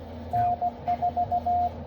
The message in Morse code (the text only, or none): N4